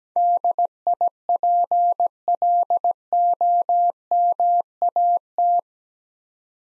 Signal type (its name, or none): Morse code